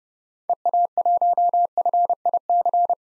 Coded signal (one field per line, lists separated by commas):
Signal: Morse code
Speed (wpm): 32 wpm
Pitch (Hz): 700 Hz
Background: none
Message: EA1FIC